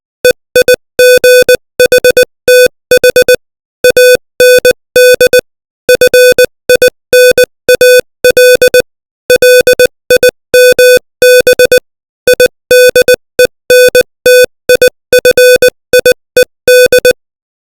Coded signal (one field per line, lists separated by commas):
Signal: Morse code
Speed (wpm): 20 wpm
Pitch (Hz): 500 Hz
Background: music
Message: EIGHTH AND FINAL LIMB IDENTIFIED